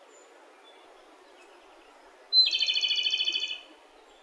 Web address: yacho koe komadori